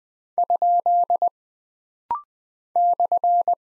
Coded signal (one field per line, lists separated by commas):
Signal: Morse code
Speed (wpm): 20 wpm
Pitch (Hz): 700 Hz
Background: none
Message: ? /